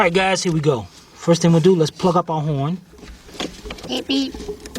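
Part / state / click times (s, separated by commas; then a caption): electrical plug into its socket on the car / not seated / none. Someone talks while an electrical plug is pushed onto its socket in the brake booster area of a 1999 Porsche Boxster during reassembly after a brake booster replacement. Brief handling knocks follow near the end as the connector is worked toward its socket. Nothing has seated or clicked yet.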